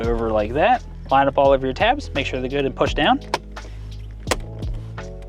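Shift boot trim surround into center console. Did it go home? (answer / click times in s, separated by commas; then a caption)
yes / 4.3 s. Someone talks over background music while the shift boot on a 2022-or-later Subaru BRZ / Toyota GR86 with an automatic transmission is slid over the shift lever, its tabs are lined up, and it is pushed down into the center console trim. A few small knocks and clicks sound after the talking stops, with a sharp click at 4.3 s as the boot clips into the console and is seated.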